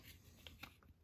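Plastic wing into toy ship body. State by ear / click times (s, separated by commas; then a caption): not seated / none. A plastic wing piece for a small Star Wars Mission Fleet TIE Whisper toy starship is handled against the cockpit body, giving a few faint, brief plastic ticks around 0.5 and 0.6 seconds over quiet background noise. Nothing has seated or clicked into place yet.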